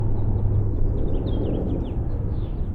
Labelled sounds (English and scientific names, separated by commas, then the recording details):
House Finch (Haemorhous mexicanus) song
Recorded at Woodmere on Long Island, New York, on 11 June 1975
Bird E